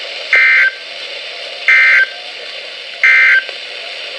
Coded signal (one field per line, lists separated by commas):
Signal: Emergency Alert System (SAME) tones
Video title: August 2017 EAS Compilation (EAS #581-623)